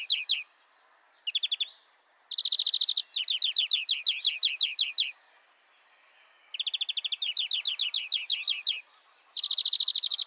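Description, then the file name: European greenfinch twittering in fast rattling trills, with longer bursts of wavering notes separated by brief silences. "Chloris chloris"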